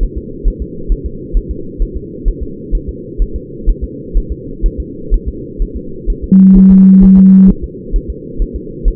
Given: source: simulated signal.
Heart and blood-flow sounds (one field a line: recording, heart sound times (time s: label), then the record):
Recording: fetal heart sounds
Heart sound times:
0.03 s: S1
0.17 s: S2
0.48 s: S1
0.62 s: S2
0.92 s: S1
1.06 s: S2
1.37 s: S1
1.51 s: S2
1.82 s: S1
1.97 s: S2
2.28 s: S1
2.43 s: S2
2.75 s: S1
2.89 s: S2
3.22 s: S1
3.36 s: S2
3.69 s: S1
3.84 s: S2
4.17 s: S1
4.32 s: S2
4.66 s: S1
4.80 s: S2
5.14 s: S1
5.28 s: S2
5.62 s: S1
5.76 s: S2
6.10 s: S1
6.24 s: S2
6.57 s: S1
6.71 s: S2
7.04 s: S1
7.18 s: S2
7.50 s: S1
7.64 s: S2
7.96 s: S1
8.10 s: S2
8.42 s: S1
8.56 s: S2
8.88 s: S1
From the record:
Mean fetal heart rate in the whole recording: 130 bpm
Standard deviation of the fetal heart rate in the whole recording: 4 bpm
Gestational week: 38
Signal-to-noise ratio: -4.3 dB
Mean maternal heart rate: 72 bpm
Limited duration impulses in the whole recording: present